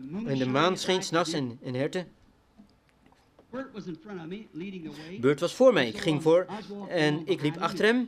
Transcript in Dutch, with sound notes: De maan scheen 's nachts en herten... [leeg gedeelte] 160 Bert was voor mij, ging voor en ik liep achter hem.